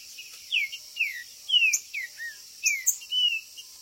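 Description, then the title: Green-winged saltator delivering a quick string of clear whistled notes, most sliding downward, some held level, over a faint continuous high hum. Birds chirping, singing and calling territorially ('macheando') in a contest ('disputa'); meant to rouse a kept saltator into singing. "Seu TRINCA Piando, Cantando E Macheando Na DISPUTA. TRINCA FERRO Cantando e MACHEANDO!!"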